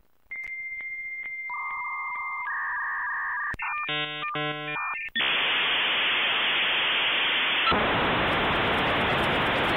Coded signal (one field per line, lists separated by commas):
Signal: dial-up modem handshake